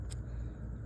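On a Nissan Frontier pickup, the hose fitting of a replacement purge valve is pushed onto the valve just enough, not too tight, over a steady low rumble. A faint, sharp click sounds at 0.1 s as the fitting seats home.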